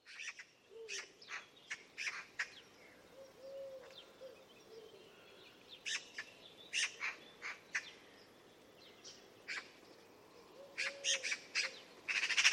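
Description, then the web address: Bird calls: sharp, high chirps in quick clusters, scattered throughout with short gaps, over a soft steady hiss. "Deverinetal 2025 File origin Bird Only"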